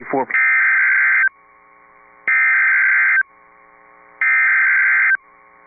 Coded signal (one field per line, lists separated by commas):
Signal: Emergency Alert System (SAME) tones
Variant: header bursts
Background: speech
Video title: Other EAS #1 - Tornado Warning in texas